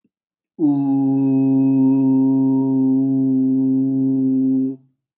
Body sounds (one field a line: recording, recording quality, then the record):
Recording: sustained vowel as in boot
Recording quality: excellent, no background noise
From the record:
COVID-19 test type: RT-PCR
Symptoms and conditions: cough, cold, breathing difficulty, sore throat, loss of smell and taste, asthma, hypertension, diabetes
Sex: male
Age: 23 years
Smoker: no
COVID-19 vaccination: both doses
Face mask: not worn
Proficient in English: yes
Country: India